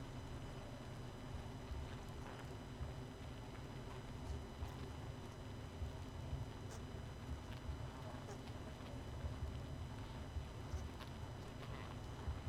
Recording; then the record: honeybee colony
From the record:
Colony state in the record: missing queen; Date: 31 May 2018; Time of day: 20:21